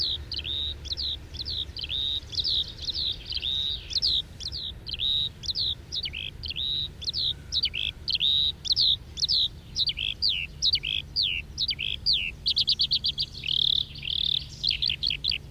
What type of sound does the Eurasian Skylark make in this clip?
flight song